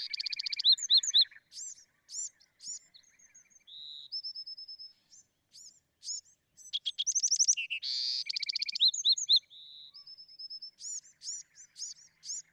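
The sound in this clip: Bewick's wren song: varied high phrases of quick trills, buzzy notes and clear whistled tones, with rapid chip series and a harsh buzzy trill.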